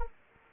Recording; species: mosquito wingbeat signal from an infrared sensor; Anopheles arabiensis